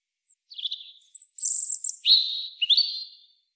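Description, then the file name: European robin song: a phrase of lower notes, then thin, very high whistles and lower sweeping notes, all within about three seconds. "Erithacus rubecula"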